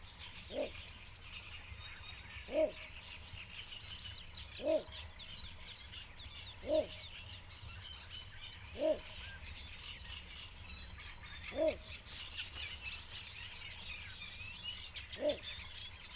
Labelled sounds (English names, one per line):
Little Bittern